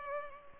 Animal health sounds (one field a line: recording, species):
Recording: mosquito wingbeat signal from an infrared sensor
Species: Culex pipiens